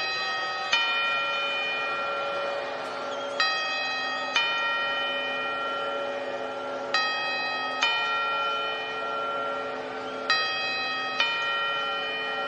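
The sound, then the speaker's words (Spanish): The carillon clock bell rings the quarters before the Campanadas 2023 chimes, in ringing, two-note ding-dong pairs, each strike sustaining a rich metallic hum into the next, repeating at a steady pace with no voices. “Ahora los cuartos.”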